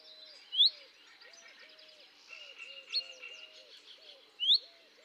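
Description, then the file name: Common chaffinch calling with brief rising whistles, one early and one near the end, among a steady pattern of low repeated notes and other bird chatter. "Fringilla coelebs"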